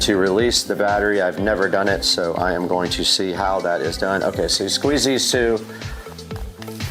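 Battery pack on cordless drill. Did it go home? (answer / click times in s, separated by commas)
no / none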